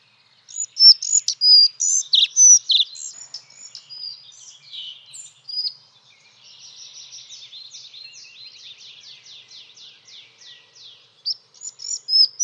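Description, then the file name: Collared flycatcher song: high, squeaky whistled notes in short varied phrases, followed by a softer run of rapid buzzy notes and a few more squeaks at the end. "halsbandsflugsnappare"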